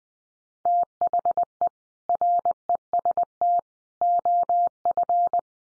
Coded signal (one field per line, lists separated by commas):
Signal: Morse code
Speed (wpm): 20 wpm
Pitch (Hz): 700 Hz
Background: none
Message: THE REST OF